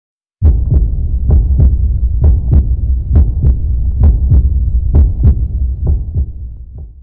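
A steady heartbeat of about 66 beats per minute. Each beat is a paired lub-dub thump over a low, continuous hum, and the beats fade slightly toward the end.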